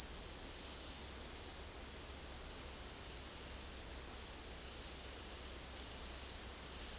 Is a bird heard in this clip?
no